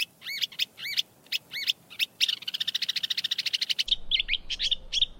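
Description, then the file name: Lark song: repeated ringing whistled notes, then a fast rattling trill and a run of varied chirps, with a sudden change in background partway through. Masteran tutor recording for training songbirds. "masteran untuk lark"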